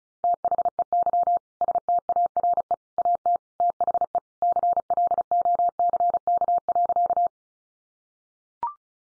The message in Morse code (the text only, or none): THEY STARE AT THE CLOCK.